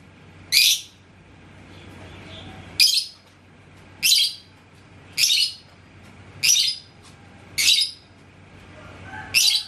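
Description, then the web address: Lovebird giving sharp, shrill single squeaks, seven in all, spaced one to two seconds apart over a quiet background. "love-bird suara-lovebird-paud"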